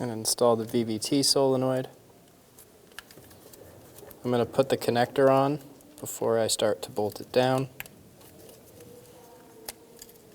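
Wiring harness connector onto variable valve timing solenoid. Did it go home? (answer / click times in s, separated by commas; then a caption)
no / none. Someone talks while a wiring harness connector is handled onto a new variable valve timing (VVT) solenoid on the right side of a 2003-2007 Infiniti G35, with the connector going on before the solenoid is bolted down. Faint ticks and taps come between 2.6 and 4.1 s, and a sharper tick at about 9.7 s. Nothing has seated or clicked yet.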